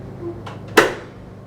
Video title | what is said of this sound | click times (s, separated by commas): Behind the Ropes Tour: Changing Tastes in 19th Century Furniture, with Anthony Bellov | folds over and clicks into place. | 0.5 s